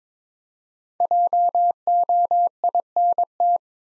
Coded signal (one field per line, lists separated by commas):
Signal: Morse code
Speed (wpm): 22 wpm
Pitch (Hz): 700 Hz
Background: none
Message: JOINT